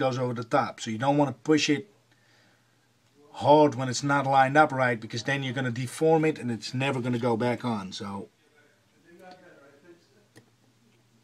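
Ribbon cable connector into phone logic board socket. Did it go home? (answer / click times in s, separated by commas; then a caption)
yes / 10.4 s. A ribbon cable connector on an iPhone 4 GSM, during a screen (LCD and digitizer) replacement, is lined up and gently pressed onto its phone logic board socket while someone talks. After a quiet stretch of light handling noise, a faint click at 10.4 s marks the connector seating.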